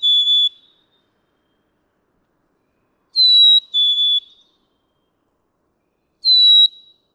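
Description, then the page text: Black-capped chickadee song: clear whistled two-note fee-bee, the second note lower, with a lone note at the start and another at the end. Male singing on one pitch for many songs in a row; May 7, 2017, Atlanta, Michigan. "Pitch-shifting, retaining melody—black-capped chickadee. Males can sing on one pitch for many songs in a row. May 7, 2017. Atlanta, Michigan."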